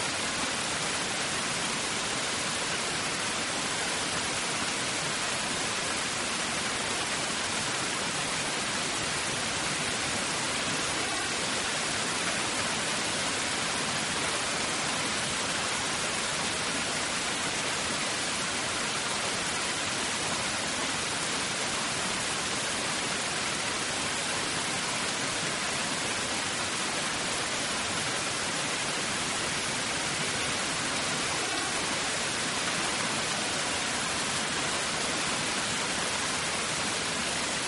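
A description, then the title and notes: Rain and wind make a dense, steady hiss that fills the whole clip without pause, bright and even like falling water. Gusts swell faintly underneath, and a low rumble drifts in the background, with no distinct drops or other events standing out. The Dance of Rain and Wind.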